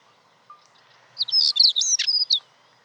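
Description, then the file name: European stonechat giving a single rapid, chattering song phrase of high twittered notes, preceded by a faint short whistle. "svarthakad buskskvatta"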